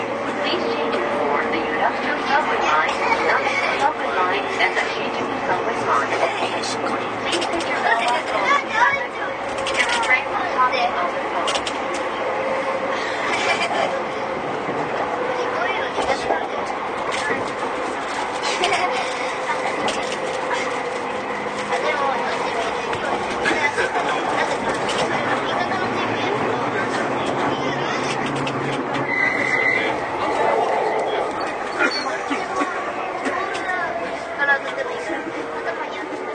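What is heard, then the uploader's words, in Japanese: Riding a JR 209 series train between Akihabara and Shinbashi-area stations toward Shinjuku, a steady mid-toned rumble and rattle fills the whole clip at an even level. Voices murmur throughout, with frequent short clicks and knocks, and a brief brighter tone around thirty seconds. JR209系 秋葉原〜新宿。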